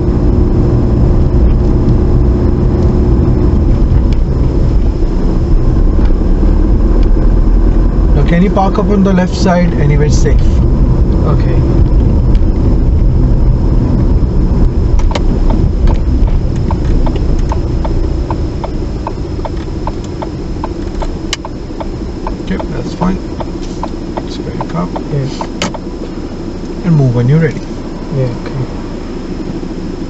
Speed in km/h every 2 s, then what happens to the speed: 29, 29, 29, 34, 35, 31, 27, 21, 11, 8, 5, 0, 0, 0, 0.
0-9 steady at about 29. 9-21 slows to 0. 21-30 standing.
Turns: none.